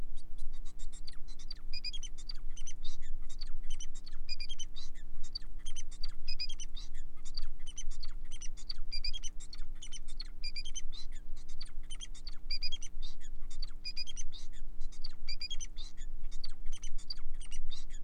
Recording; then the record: song of a male Bengalese finch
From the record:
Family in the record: son of father 4